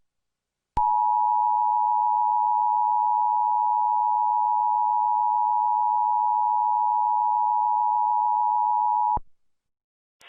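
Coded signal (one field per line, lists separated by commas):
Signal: Emergency Alert System (SAME) tones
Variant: 853 and 960 Hz attention tone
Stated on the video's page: Mock tornado warning alert for Oklahoma City, a fan-made creation.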